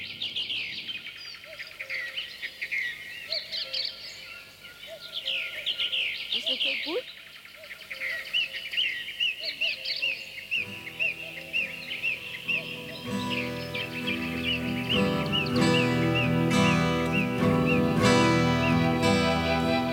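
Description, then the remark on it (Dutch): A nightingale sings a rapid run of varied chirps, whistles and trills in a piece from a film soundtrack, and about halfway through a steady musical backing rises beneath the birdsong and continues to the end. “Vandaar het kerkhof, het orgel, maar de nachtegaal speelt echt een hoofdrol.”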